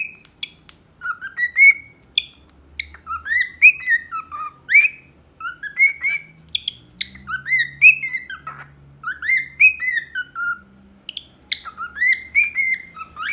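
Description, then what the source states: Cockatiel song of lively whistled phrases, each note swooping up then down, delivered in bursts separated by short pauses. Song for training a pet cockatiel.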